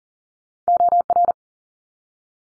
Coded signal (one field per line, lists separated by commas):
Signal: Morse code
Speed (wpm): 40 wpm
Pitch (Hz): 700 Hz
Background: none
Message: OR